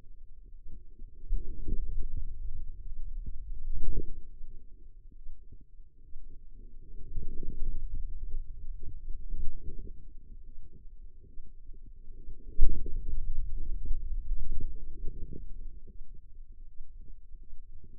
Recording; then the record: forearm muscle sounds (acoustic myography)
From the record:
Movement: pen grasping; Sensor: system 2, bracelet of six BSWA MPA416 microphones around the upper forearm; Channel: 2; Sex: female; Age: 25 years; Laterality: right